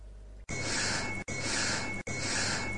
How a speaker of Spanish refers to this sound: Una campanilla de fondo y una respiración. Una campanilla y una respiración.